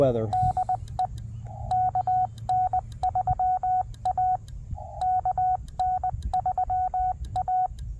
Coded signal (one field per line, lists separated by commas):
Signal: Morse code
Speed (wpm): 20 wpm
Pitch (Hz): 740 Hz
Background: speech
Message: DE KN3A KN3A